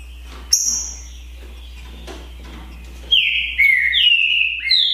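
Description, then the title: Green-winged saltator song: a brief high note, then loud whistled phrases from about three seconds, each sliding down before a rising final note, over a low steady hum. Song contest between two birds, Naval vs Demolidor, 2022 season. "Esse É PERFEITO Para ESQUENTAR Seu TRINCA Piando, Cantando E Macheando Na DISPUTA. ISSO SIM!! É UMA DISPUTA DE TRINCA FERRO PERFEITA!! NAVAL VS DEMOLIDOR 2022! TEMPORADA 2022!"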